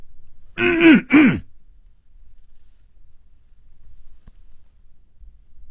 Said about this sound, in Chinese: 他努力地鼓足了勇气，咳嗽了一声。